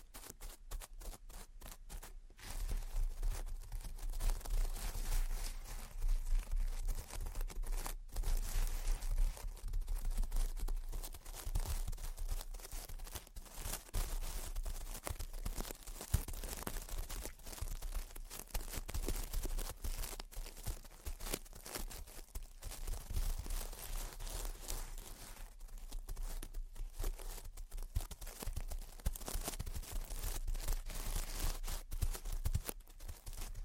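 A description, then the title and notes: Gentle tapping and scratching fill the clip with a dense, steady stream of soft, crackly textures. Quick clicks and light taps come in irregular clusters throughout, with a brief run of sharper taps near the start and a low rumble underneath. Gentle Tapping and Scratching. (No Talking).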